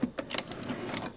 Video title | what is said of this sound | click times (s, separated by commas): Keurig Elite VS Keurig K Slim | When you open it up, there's this little click to it. | 0.4 s